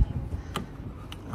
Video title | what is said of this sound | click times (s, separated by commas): تركيب باب ماليبو و شرح امكان التوصيلات الكهربائية 2016-2023 | جرخه قعدت ها بس سمعت طقه. | 0.6 s